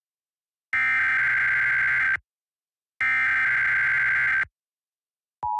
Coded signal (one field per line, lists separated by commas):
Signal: Emergency Alert System (SAME) tones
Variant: header bursts